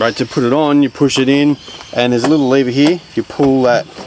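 Someone talks while handling the handbrake on a ride-on lawn mower, pushing the handbrake pedal in and reaching for the small locking lever to pull it up. No mechanical click stands out over the voice. Nothing has clicked or seated yet, and the handbrake lever has not locked in place.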